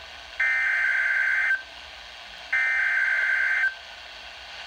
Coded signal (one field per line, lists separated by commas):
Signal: Emergency Alert System (SAME) tones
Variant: header bursts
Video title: NOAA Weather Radio: Severe Thunderstorm Warning (May 29 2020)